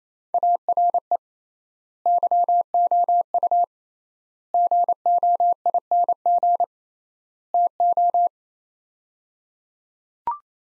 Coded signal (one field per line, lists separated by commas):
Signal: Morse code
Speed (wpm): 27 wpm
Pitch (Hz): 700 Hz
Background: none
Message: ARE YOU GOING TO